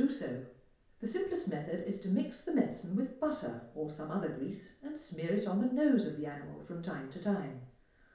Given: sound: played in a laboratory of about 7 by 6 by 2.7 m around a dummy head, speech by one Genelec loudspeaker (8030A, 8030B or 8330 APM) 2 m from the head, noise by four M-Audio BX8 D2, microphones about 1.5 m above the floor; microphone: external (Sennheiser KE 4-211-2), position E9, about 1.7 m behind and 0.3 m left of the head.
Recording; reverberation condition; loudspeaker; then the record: female speech in English; medium; 120 degrees to the right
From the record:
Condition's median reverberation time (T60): about 510 ms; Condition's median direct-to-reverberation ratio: about -0.5 dB